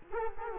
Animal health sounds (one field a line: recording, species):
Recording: mosquito wingbeat signal from an infrared sensor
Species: Culex quinquefasciatus